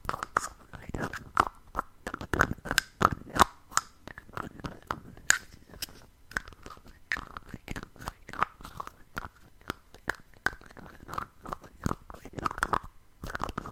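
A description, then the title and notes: Lid sounds: a rapid, irregular run of sharp clicks and crunchy taps, several each second, many with a short mid-pitched ring. Louder hits stand out around two to three and five seconds, and the clatter continues unevenly throughout with brief quiet gaps. ASMR Lid Sounds.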